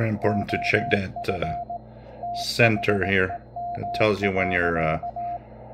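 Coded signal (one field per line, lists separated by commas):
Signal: Morse code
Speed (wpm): 18 wpm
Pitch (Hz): 700 Hz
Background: speech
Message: OF THEM.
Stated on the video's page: Morse received on a Yaesu FTdx10 transceiver.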